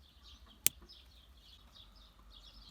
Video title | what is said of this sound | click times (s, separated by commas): "Yolcu Hava Yastığı Devrede" Işığı Aktivasyonu Nasıl Yapılır? - Megane 3 - Fluence | 22 numaralı yuvaya yerleştirip yerine oturduğundan Emin oluyorum | 0.7 s